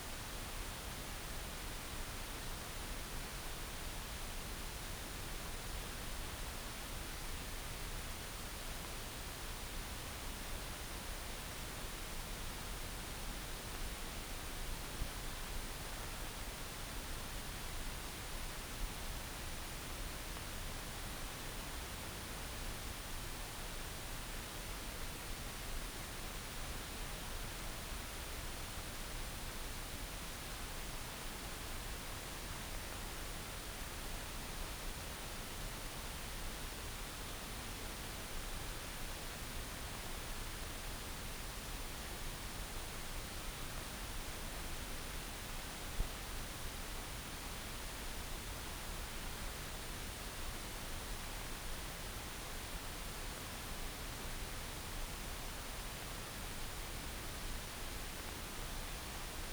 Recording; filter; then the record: brain microelectrode recording played as sound; wide band, above 20 Hz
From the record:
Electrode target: subthalamic nucleus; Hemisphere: right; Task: reaching with the left hand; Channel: 1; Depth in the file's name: 5.102 mm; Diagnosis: Parkinson's disease